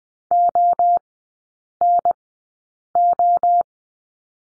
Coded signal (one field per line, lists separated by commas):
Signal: Morse code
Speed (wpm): 20 wpm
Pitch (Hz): 700 Hz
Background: none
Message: ONO